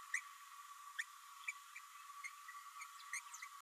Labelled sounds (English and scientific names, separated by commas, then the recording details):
Green-rumped Parrotlet (Forpus passerinus) babbling
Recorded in a nest box in Venezuela
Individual 18B104A3